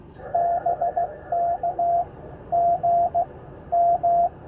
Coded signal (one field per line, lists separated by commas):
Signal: Morse code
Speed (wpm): 14 wpm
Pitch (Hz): 700 Hz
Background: radio noise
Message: BK GM